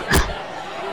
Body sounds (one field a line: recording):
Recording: coughing mixed with background sound